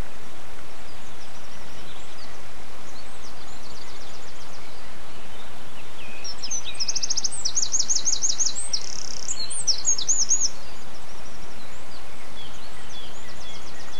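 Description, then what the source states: Bird song, a burst of very high, rapid trilled and chirping phrases in the middle over a constant low rumbling background noise. Birdsong dated 11 04 07, recorded on an MZ-N 710 recorder.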